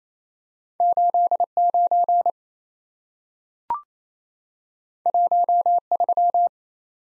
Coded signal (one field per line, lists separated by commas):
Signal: Morse code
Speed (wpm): 28 wpm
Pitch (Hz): 700 Hz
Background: none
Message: 89 13